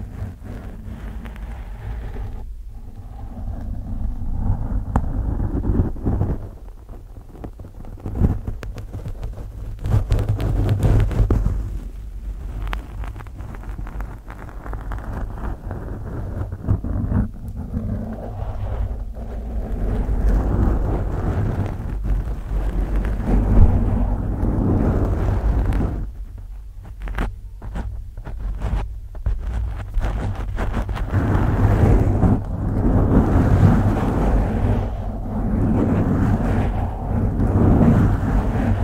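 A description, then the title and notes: Long nails scratch, making a deep, rumbling scrape with a rough, windy hiss on top. The strokes come in uneven waves, some slow and drawn out, others quicker and denser, with brief quieter gaps around 3, 12 and 27 seconds. ASMR Slow and Fast Deep Brain Scratching w Long Nails.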